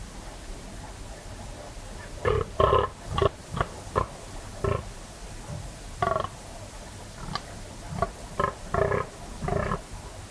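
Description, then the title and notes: Fallow deer: rapid series of short guttural grunts starting after a quiet opening, coming in irregular bursts of several calls. Fallow buck rutting, staking his claim, warning off rivals and guarding his does; 3am, moonless, cold, still autumn night, West Dorset; guttural bellow echoing through combes and hills. "Sound Escape 38: the eerie and dramatic fallow deer rut on a dark Dorset night. It's 3am on an autumn night in West Dorset. A fallow buck is staking his claim, warning off rivals and guarding his does. A guttural bellow that bursts the quiet and echoes through the combes and hills. BBC Countryfile Magazine's Sound Escapes. Recorded by Kevin Parr"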